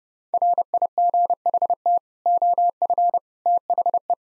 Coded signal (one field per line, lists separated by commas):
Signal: Morse code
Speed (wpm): 32 wpm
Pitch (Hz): 700 Hz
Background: none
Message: RIGHT OF THE